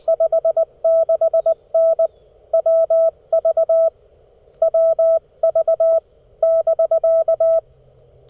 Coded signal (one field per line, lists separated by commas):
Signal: Morse code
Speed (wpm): 20 wpm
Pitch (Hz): 660 Hz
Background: none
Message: 56N WV WV <BK>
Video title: Monday Morning CW POTA at US-1540 Sleepy Hollow State Park